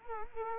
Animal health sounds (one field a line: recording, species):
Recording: mosquito wingbeat signal from an infrared sensor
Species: Culex quinquefasciatus